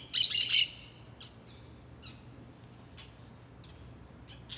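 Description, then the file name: Parakeet giving one loud, rasping squawk burst at the start, followed by faint scattered chirps and a low steady hum. Several green parakeets, calling very distinctly in a residential block in Brasília. "Periquitos Verdes Muito Marcados em Quadra Residencial de Brasilia"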